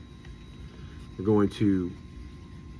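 During a function check of a striker-fired pistol with an empty magazine inserted, the steel slide is being handled so it can lock to the rear on the slide stop. There is low background noise, a faint tick at 0.3 s, and someone talks briefly around 1.2 to 2.0 s. The clip ends before the slide locks, and nothing has seated or clicked yet.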